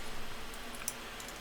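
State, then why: Seated. During reassembly of an Iver Johnson .32 caliber break-top revolver, a small screw/latch part is pushed forward into the metal frame. Over a faint steady background, a single sharp, short click is heard at 0.9 s as the latch screw snaps into place, seated.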